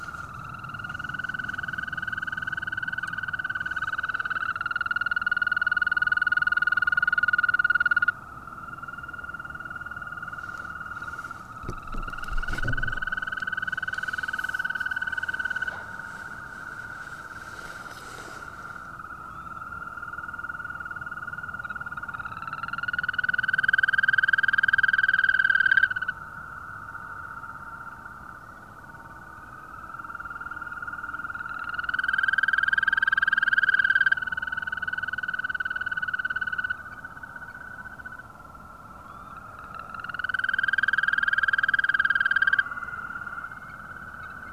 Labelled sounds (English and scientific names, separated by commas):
Green Toad (Bufo viridis)